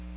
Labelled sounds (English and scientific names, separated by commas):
Magnolia Warbler (Setophaga magnolia) flight call